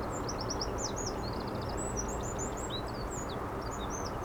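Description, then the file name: Eurasian wren singing: a fast, unbroken stream of high, sharp twittering notes, heard over a loud, steady low rushing roar. "Troglodytes troglodytes"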